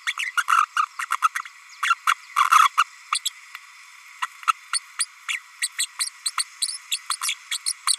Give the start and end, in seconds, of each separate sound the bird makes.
0.06-0.13, 0.18-0.31, 0.37-0.44, 0.49-0.65, 0.76-0.85, 0.98-1.06, 1.11-1.17, 1.23-1.28, 1.35-1.38, 1.82-1.95, 2.06-2.14, 2.51-2.69, 2.77-2.83, 3.12-3.20, 3.25-3.29, 4.22-4.27, 4.47-4.52, 4.72-4.80, 4.99-5.06, 5.28-5.39, 5.61-5.69, 5.78-5.87, 5.99-6.09, 6.25-6.30, 6.37-6.43, 6.68-6.77, 6.91-6.98, 7.09-7.16, 7.22-7.34, 7.50-7.58, 7.66-7.72, 7.87-7.97